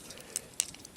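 A T-shaped plastic wing part is angled into its slot on a Transformers Generations Voyager Blitzwing action figure and pushed in. A faint tick comes at 0.4 s, then a sharp, bright plastic click at 0.6 s as the wing seats, followed by a few quiet handling ticks.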